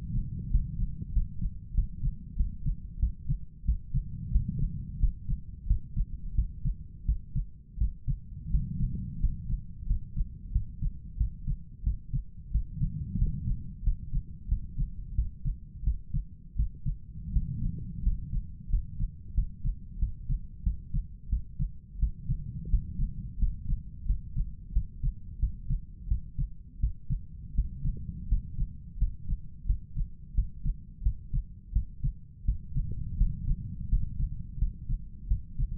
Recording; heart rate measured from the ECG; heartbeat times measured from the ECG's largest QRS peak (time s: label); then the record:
heart sounds by stethoscope; 88 bpm
0.50 s: heartbeat
1.13 s: heartbeat
1.74 s: heartbeat
2.36 s: heartbeat
2.99 s: heartbeat
3.65 s: heartbeat
4.31 s: heartbeat
4.99 s: heartbeat
5.67 s: heartbeat
6.35 s: heartbeat
7.05 s: heartbeat
7.77 s: heartbeat
8.50 s: heartbeat
9.20 s: heartbeat
9.86 s: heartbeat
10.52 s: heartbeat
11.17 s: heartbeat
11.83 s: heartbeat
12.51 s: heartbeat
13.18 s: heartbeat
13.83 s: heartbeat
14.48 s: heartbeat
15.15 s: heartbeat
15.83 s: heartbeat
16.56 s: heartbeat
17.32 s: heartbeat
18.02 s: heartbeat
18.69 s: heartbeat
19.34 s: heartbeat
19.99 s: heartbeat
20.63 s: heartbeat
21.29 s: heartbeat
21.99 s: heartbeat
22.69 s: heartbeat
23.38 s: heartbeat
24.06 s: heartbeat
24.72 s: heartbeat
25.39 s: heartbeat
26.08 s: heartbeat
26.79 s: heartbeat
27.54 s: heartbeat
28.28 s: heartbeat
28.98 s: heartbeat
29.66 s: heartbeat
30.34 s: heartbeat
31.02 s: heartbeat
31.72 s: heartbeat
32.45 s: heartbeat
33.17 s: heartbeat
33.89 s: heartbeat
34.58 s: heartbeat
35.27 s: heartbeat
From the record:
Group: healthy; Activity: rest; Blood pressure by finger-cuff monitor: 91/52 mmHg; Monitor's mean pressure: 63 mmHg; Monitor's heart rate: 88 bpm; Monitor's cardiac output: 8.1 L/min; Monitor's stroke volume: 92 mL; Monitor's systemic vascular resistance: 550 dyn s/cm5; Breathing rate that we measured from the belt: 13 breaths a minute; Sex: male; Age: 23 years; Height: 179 cm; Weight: 87 kg